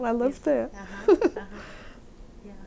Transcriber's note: she laughs